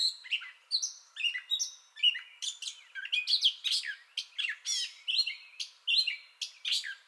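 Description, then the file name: Gray catbird song, a continuous medley of whistled, squeaky and rasping notes changing from phrase to phrase. Entire song bout, 30 May 2021. "2021-05-30 Gray Catbird Entire Song Bout"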